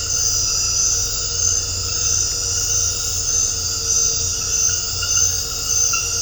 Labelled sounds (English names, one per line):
none